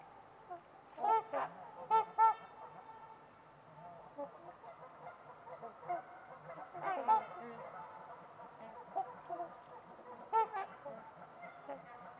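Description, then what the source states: Trumpeter swans trade repeated nasal honks, often doubled, scattered through the recording with softer calls in between. Trumpeter swans on a winter's eve at Winters Lake in a deep, silent valley.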